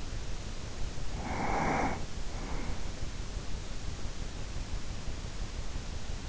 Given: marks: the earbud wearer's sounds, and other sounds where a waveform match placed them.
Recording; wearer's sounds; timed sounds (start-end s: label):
sounds in sleep by an in-ear microphone; breath
0.99-3.20 s: breath